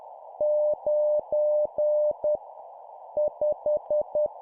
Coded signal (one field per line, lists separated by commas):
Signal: Morse code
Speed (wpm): 10 wpm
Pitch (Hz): 600 Hz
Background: none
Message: 9 5